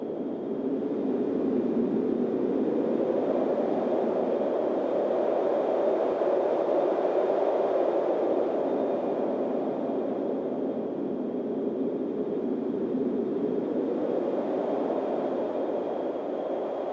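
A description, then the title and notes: A steady, dense windstorm roar, low and full, swelling slightly around the middle and again near the end, with a faint thin whistle above. Wispy Windstorm Ambient Noise.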